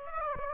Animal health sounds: mosquito wingbeat signal from an infrared sensor; Aedes aegypti

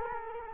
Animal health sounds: mosquito wingbeat signal from an infrared sensor; Culex quinquefasciatus

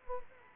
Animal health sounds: mosquito wingbeat signal from an infrared sensor; Culex quinquefasciatus

